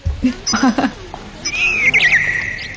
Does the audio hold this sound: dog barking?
no